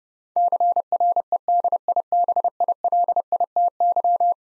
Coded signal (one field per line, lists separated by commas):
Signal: Morse code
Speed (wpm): 30 wpm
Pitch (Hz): 700 Hz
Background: none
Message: CREDIBILITY